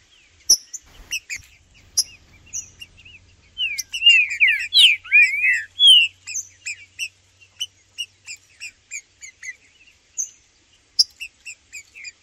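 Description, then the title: Green-winged saltator song: a run of short sharp chip notes, then a burst of loud slurred whistles rising and falling, then more spaced chips. Trinca-ferro calling (piando), singing and 'macheando' in a dispute, in the bush with a free (solto) bird; birds named Blindado and Tufão. "Trinca Ferro no MATO Cantando e Macheando muito com Solto! Blindado e Tufão no mato"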